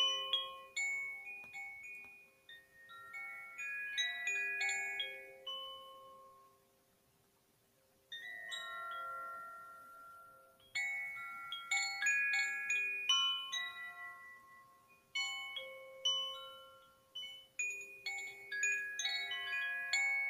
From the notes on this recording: beautiful c-note wind chimes